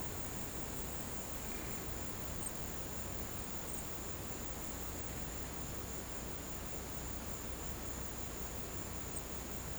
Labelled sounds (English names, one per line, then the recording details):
none
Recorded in pastures near Puerto Asís, Putumayo, Colombia, on 21 March 2025 at 14:30
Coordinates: 0.472, -76.329
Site G074